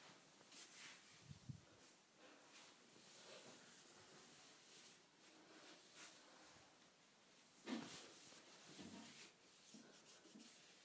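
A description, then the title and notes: Someone cleaning kitchen appliances, with a continuous scrubbing and rubbing hiss that rises and falls in short strokes. Brighter swipes and a few low knocks stand out around 1.5 seconds and near 8 seconds, with softer wiping in between. ASMR Cleaning Kitchen Appliances.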